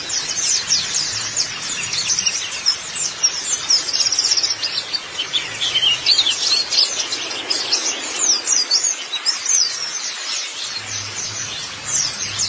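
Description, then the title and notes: White-eye song: sustained high twittering chatter of rapid chips and downslurs, busy and unbroken, with some louder bursts midway. Long-duration recording of white-eye twittering song. "Kicauan Burung Pleci Durasi Panjang. Suara kicauan burung pleci"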